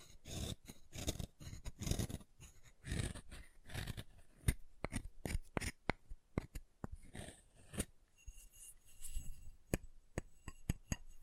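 Chalk being carved and cut, with rapid scraping strokes and sharp clicks at first, then sparser crisp snaps and ticks after eight seconds.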